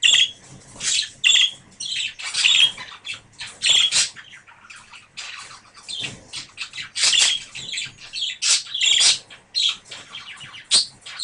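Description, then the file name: Budgerigar chatter: a busy, uneven run of raspy squawks and high chirps throughout. A pair of budgerigars. "suara pasangan parkit. omkicau"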